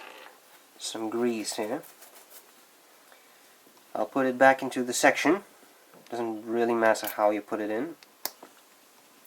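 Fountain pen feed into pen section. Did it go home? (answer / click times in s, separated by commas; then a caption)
yes / 8.3 s. A feed-and-wick unit is pushed back into the clear plastic grip section of a small fountain pen while someone talks. A single sharp snap at 8.3 seconds marks the feed clicking into place in the section.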